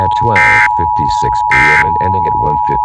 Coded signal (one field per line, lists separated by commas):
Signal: Emergency Alert System (SAME) tones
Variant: end-of-message bursts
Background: speech